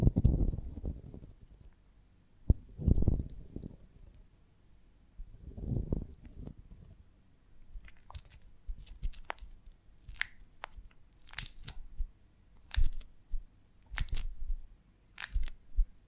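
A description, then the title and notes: Someone eats a honeycomb on a branch, with soft, wet chewing and crunching in irregular bursts. Low, muffled bites come at the start and near 3 and 6 seconds. After 8 seconds, sharp crisp clicks and crackles arrive more often. ASMR of a Honeycomb on Branch (No Talking).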